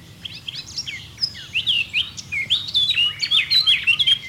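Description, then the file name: Eurasian blackcap song: a continuous jumble of quick chattering and warbled notes, growing louder toward the end. "Sylvia atricapilla"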